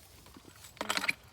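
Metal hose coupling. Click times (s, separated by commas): 0.8 s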